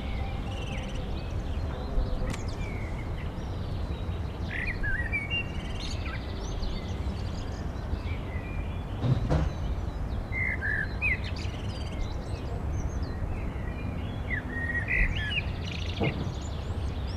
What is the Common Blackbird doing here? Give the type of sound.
song